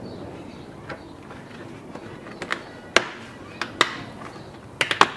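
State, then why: Released. A plastic front interior trim panel in a 2016 Subaru STi, held only by snap clips, is pulled up by hand during a head unit install. Sharp pops ring out at 3.0, 3.8, 4.8 and 5.0 seconds, with fainter taps before them, as the clips release. The panel comes free from the car body.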